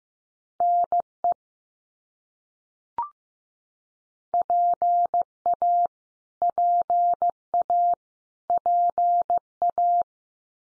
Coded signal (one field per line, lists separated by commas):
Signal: Morse code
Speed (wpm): 15 wpm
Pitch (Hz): 700 Hz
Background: none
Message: NE PA PA PA